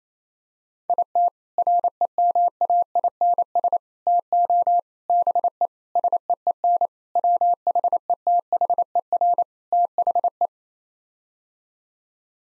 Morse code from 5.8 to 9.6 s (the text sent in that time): SEEN WHETHER